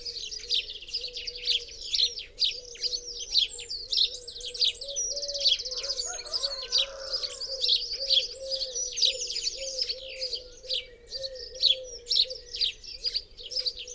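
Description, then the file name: House sparrow giving many insistent chirps, with a brief lower fluttering sound midway and a low wavering hum beneath. "Passer domesticus"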